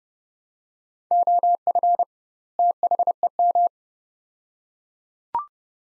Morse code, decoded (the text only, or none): OF THEM